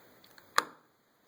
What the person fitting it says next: there it popped.